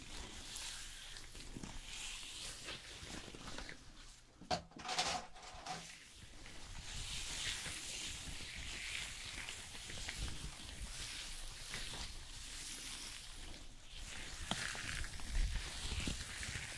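Hair salon sounds: steady bright hissing runs throughout, pausing briefly around five seconds where a short whirring tone cuts in, then resumes.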